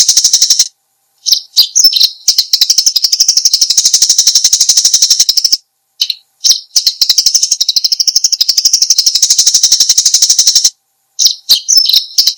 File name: suara burung gereja